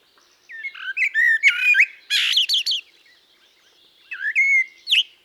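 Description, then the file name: Common blackbird singing several phrases: rich whistled notes broken by scratchy, high twittering flourishes, with a short pause before a final fluty phrase. "Turdus merula"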